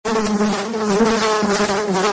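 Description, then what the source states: Fly buzzing in flight, a steady droning hum with a low, slightly wavering pitch that holds continuously throughout. Flies in flight.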